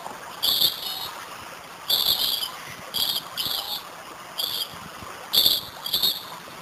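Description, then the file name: Lorikeet screeching calls, harsh high buzzy bursts in short clusters, some doubled, coming every second or so over a steady faint hiss. "Лори -Лорикет -Попугай -Голоса-птиц"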